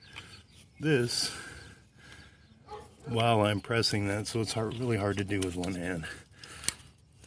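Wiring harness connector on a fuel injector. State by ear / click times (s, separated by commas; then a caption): released / 6.7 s. Someone talks while pressing the release clip on a plastic wiring harness connector on a fuel injector of a 2009 Toyota Prius with one hand and pulling outward to unplug it. A sharp click from the connector's release tab sounds at 6.7 s, and the connector releases.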